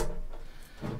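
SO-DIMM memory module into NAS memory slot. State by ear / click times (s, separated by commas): not seated / none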